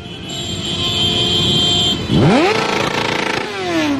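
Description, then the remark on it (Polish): Several hundred riders dressed as Santa Claus rev their motorcycle engines loudly, pitch sweeping sharply up then settling, over a steady rumble of idling bikes and a sustained high horn-like tone, as they bring gifts to young patients of the University Children's Hospital in Lublin, Poland. “Kilkuset Mikołajów na motorach przywiozło prezenty podopiecznym m.in. Uniwersyteckiego Szpitala Dziecięcego w Lublinie.”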